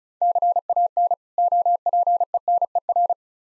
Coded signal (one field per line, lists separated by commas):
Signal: Morse code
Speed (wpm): 36 wpm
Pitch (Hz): 700 Hz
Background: none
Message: CAN OPENER